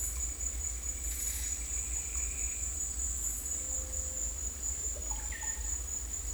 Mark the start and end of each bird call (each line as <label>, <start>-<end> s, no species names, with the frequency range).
bird call (1.6-3.0 kHz), 0.00-2.74 s
bird call (0.2-3.2 kHz), 4.81-5.81 s